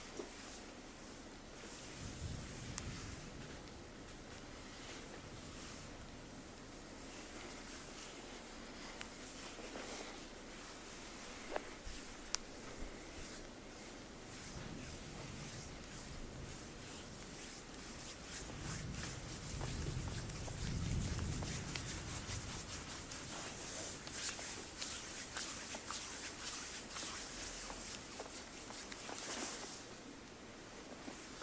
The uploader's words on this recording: ASMR FULL BODY massage.